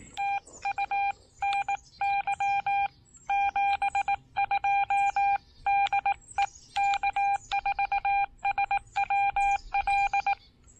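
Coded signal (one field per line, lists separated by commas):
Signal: Morse code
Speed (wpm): 18 wpm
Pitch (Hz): 800 Hz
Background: none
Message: TU NY 72 DE K4SWL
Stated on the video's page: CW Parks on the Air activation with a Xiegu X6100 on 20, 17, 30 and 40 meters, with overloading on 17 meters.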